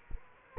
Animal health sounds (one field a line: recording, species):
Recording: mosquito wingbeat signal from an infrared sensor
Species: Culex quinquefasciatus